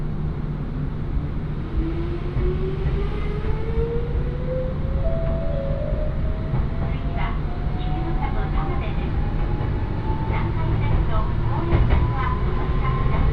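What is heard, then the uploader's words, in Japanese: A train ride, heard from on board as the train pulls away: a steady, dense low rumble fills the whole clip while a thin motor whine climbs steadily in pitch as it speeds up. From about seven seconds on, scattered clicks and knocks from the rails join in. 鉄道旅 汐見橋→岸里玉出→なんば→大物。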